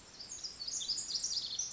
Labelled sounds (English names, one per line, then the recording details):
Pacific Wren
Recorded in Sonoma County, California